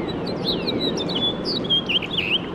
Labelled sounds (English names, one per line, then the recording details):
House Finch song
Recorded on Long Island, New York, on 21 March 2012
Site FL
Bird A